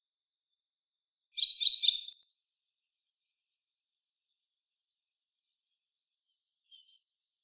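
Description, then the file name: Great tit call: one short burst of fast, scratchy chattering notes, surrounded by scattered faint high ticks and a few thin whistled notes near the end. "Parus major"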